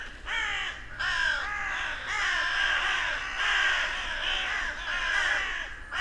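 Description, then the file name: Carrion crow caws, harsh downward-slurred calls in repeated bursts over a continuous background of cawing. "Corvus corone"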